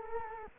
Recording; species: mosquito wingbeat signal from an infrared sensor; Culex quinquefasciatus